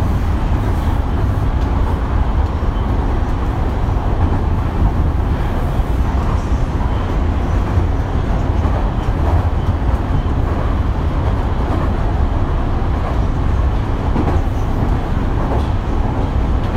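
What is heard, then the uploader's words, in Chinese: A subway train runs steadily, a dense low rumble and rattle at constant loudness, with faint brighter squeals and clicks scattered throughout. 北京地铁二号线。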